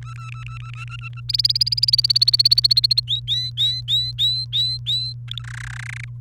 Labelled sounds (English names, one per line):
Domestic Canary song